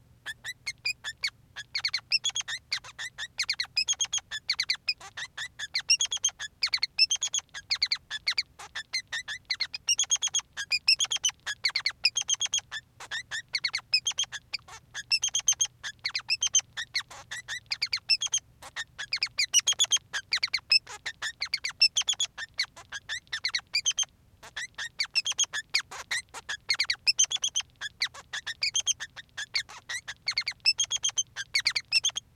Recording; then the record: song of a male Bengalese finch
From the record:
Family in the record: son of father 3